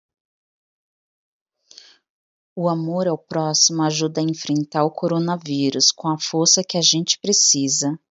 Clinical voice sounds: spoken sentence; Brazilian Portuguese; female; 30 to 39 years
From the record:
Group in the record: control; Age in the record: 33 years

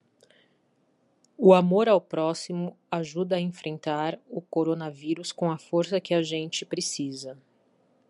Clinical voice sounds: spoken sentence; Brazilian Portuguese; female; 40 to 49 years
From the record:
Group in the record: control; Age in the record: 41 years

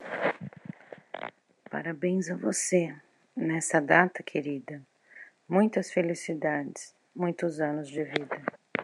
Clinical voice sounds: short text; Brazilian Portuguese; female; 50 to 59 years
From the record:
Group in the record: control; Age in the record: 57 years

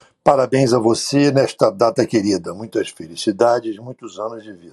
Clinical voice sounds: short text; Brazilian Portuguese; male; 60 to 69 years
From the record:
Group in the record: control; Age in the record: 66 years

